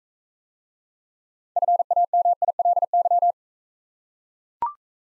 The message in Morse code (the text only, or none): FAMILY